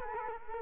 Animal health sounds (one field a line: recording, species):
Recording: mosquito wingbeat signal from an infrared sensor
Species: Culex quinquefasciatus